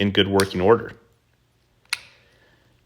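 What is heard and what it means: Someone talks, then the two plastic halves of a Mazda (3, 6, CX-5, CX-9) key fob shell are pressed back together around the coin cell after the battery is replaced. A sharp, loud snap is heard at 1.9 s as the case halves clip together and seat.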